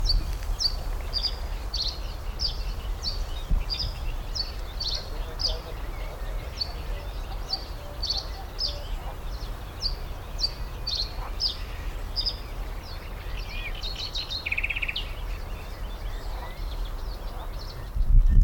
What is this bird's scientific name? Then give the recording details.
Emberiza schoeniclus. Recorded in the wild. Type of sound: call, twittering. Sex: male. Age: adult. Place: Karower Teiche, Naturpark Barnim, Berlin, DE. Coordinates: 52.62, 13.46. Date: 1995-06-05 11:28. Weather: sonnig, 18°C. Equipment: Sony WM-D6C, Sennheiser ME 80, Kopie Uher 4000 Report Monitor. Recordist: Tembrock, Günter. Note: Gesang